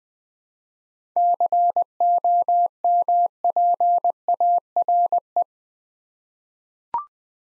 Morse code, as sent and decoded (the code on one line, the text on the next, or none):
-.-. --- -- .--. .- .-. .
COMPARE